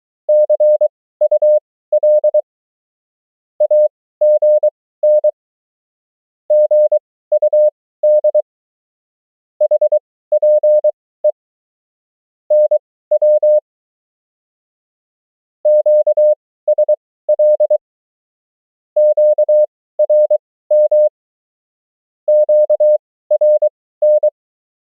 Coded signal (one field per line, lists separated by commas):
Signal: Morse code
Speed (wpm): 23 wpm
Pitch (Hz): 600 Hz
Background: none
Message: CUL AGN GUD HPE NW QSL QRM QRN